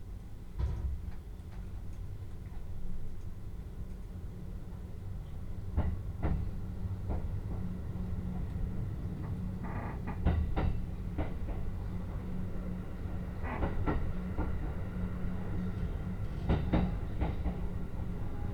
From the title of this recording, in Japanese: 鉄道旅 宇都宮線 浦和→古河